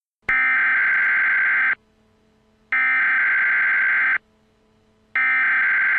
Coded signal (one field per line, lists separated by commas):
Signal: Emergency Alert System (SAME) tones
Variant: header bursts